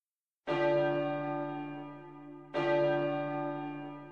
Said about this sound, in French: Au dehors, les cloches sonnaient les vêpres